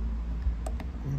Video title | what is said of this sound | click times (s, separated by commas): How to change damaged cord on a fuel cap | top and just push it forward that click | 0.7 s, 0.8 s